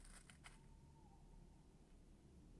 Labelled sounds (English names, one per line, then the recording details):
Tawny Owl
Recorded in Germany
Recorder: ecoPi